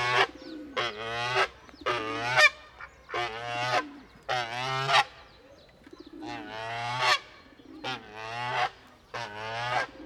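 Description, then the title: Goose giving a series of raucous honks with brief pauses between them. Goose, described as hissing, in a park in Saint-Gilles, Belgium; recorded with Sony PCM-D100 internal microphones in XY position. "Parc Pierre Paulus, Saint-Gilles, Belgique - Poussins et oie - Chicks and goose"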